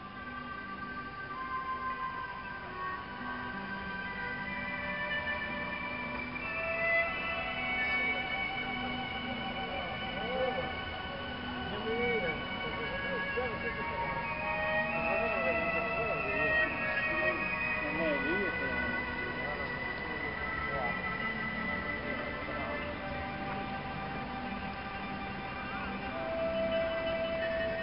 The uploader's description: Ethereal new age music emanating from a grove of trees near the Divine Music Administration in the Temple of Heaven Park in central Beijing, China